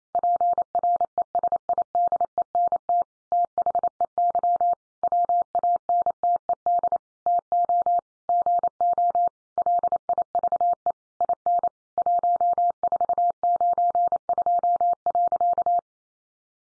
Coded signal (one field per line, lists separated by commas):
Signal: Morse code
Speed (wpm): 28 wpm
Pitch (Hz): 700 Hz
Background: none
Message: PRESIDENT THEY WANTED TO GO LIVE IN 1492.